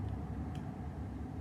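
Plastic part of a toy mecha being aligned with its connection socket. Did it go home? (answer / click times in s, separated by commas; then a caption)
no / none. A plastic part of a Kamen Rider Saber DX King of Arthur WonderRide Book toy mecha is handled and lined up with its connection socket, looking for the connection point. Only a steady low rumble is heard, with faint brief rustles around 0.1 and 0.55 seconds. Nothing has seated or clicked yet.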